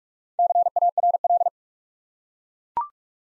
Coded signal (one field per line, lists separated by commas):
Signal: Morse code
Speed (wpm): 42 wpm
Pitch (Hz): 700 Hz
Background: none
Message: CARL